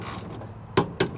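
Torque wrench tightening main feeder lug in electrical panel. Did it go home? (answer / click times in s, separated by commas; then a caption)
yes / 0.8 s. A torque wrench is ratcheted on a main feeder lug in an electrical panel until it breaks over with a click at its set torque, confirmed at 0.8 s. A second sharp click follows at 1.0 s over a low steady background, with a faint tick at 0.3 s.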